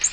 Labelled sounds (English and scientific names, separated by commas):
Nashville Warbler (Leiothlypis ruficapilla) flight call